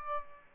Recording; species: mosquito wingbeat signal from an infrared sensor; Aedes albopictus